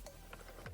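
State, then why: Seated. Male ends of a remote-start H-harness are pushed into the slots on a Mercedes ignition switch module, where another plug is already seated. Short plastic ticks at 0.1 s and 0.3 s lead to a sharp click at 0.7 s as the harness connector seats fully in the switch.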